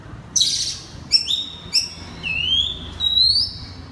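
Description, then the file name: Oriental magpie-robin song: a burst of high notes, a few sharp notes, then long clear whistles sliding upward. Loud 'ngeplong keras' singing style of a magpie-robin known locally as kacer. "suara kacer ngeplong keras"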